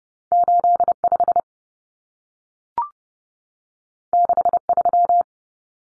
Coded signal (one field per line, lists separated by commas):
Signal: Morse code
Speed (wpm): 30 wpm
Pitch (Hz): 700 Hz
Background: none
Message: 85 63